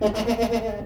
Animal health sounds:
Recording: contact call of a hoofed animal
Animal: goat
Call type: low-frequency (closed-mouth) or high-frequency (open-mouth) call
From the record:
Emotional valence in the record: positive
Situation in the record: food anticipation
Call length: 0.86 s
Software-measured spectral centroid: 2410 Hz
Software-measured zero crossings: 1420 a second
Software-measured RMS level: -24 dBFS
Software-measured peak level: -9 dBFS

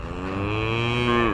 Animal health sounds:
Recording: contact call of a hoofed animal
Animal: cattle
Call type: low-frequency (closed-mouth) or high-frequency (open-mouth) call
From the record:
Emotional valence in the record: negative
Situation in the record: full separation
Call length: 1.34 s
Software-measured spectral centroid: 1680 Hz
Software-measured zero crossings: 1740 a second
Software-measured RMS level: -24 dBFS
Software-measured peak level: -8 dBFS

